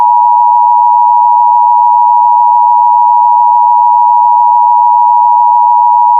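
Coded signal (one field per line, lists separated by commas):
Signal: Emergency Alert System (SAME) tones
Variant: 853 and 960 Hz attention tone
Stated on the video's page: Fictional weather scenario alert, simulated rather than a real broadcast.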